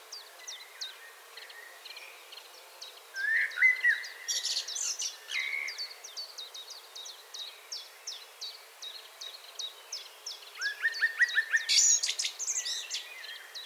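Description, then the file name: Common blackbird ticking steadily at a high pitch, joined by loud bursts of chattering and a few low whistled notes partway through. "Turdus merula"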